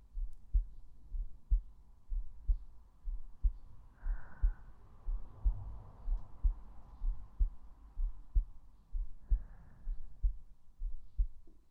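Steady, regular low heart thumps at about 62 beats a minute from an adult woman's chest, with the microphone held over the heart; a normal heartbeat, with faint breath noise.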